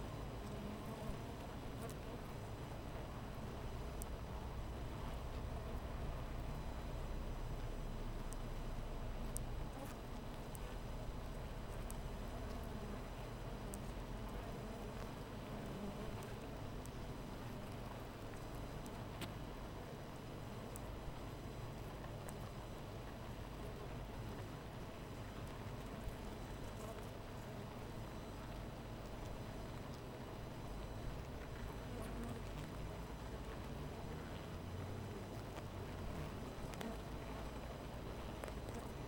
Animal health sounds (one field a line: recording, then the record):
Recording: honeybee colony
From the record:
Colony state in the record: missing queen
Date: 14 July 2017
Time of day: 13:07